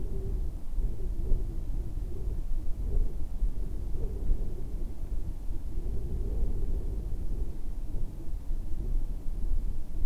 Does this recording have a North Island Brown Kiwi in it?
no